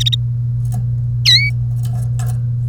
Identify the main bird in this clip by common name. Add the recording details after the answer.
Domestic Canary. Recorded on 1 May 2018 at 08:40. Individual llb3